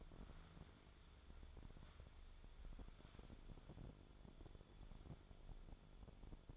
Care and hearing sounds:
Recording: daily activity, microphone in the room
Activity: wipe stove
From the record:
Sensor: 5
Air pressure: 1015.2 hPa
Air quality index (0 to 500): 153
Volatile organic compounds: 4 ppm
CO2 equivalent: 1652 ppm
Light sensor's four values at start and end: 35/83/34/36 and 36/84/34/36

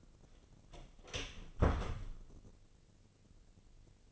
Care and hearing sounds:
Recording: daily activity, microphone in the room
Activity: close door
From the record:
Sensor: 4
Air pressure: 1013.2 hPa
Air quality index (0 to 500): 177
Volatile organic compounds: 2 ppm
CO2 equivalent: 1118 ppm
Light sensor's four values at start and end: 95/238/99/105 and 73/178/75/76

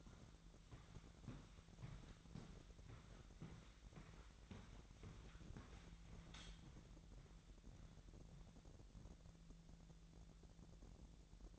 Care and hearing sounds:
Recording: daily activity, microphone in the room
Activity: walk to room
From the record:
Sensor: 3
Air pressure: 1012.2 hPa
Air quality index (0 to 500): 139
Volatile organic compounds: 2 ppm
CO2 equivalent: 1062 ppm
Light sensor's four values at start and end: 132/314/130/120 and 148/356/148/138

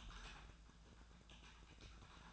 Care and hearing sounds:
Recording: daily activity, microphone in the room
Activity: typing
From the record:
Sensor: 2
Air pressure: 1000.0 hPa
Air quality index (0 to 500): 129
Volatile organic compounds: 2 ppm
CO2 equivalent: 1105 ppm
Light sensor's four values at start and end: 25/62/26/30 and 25/62/26/30

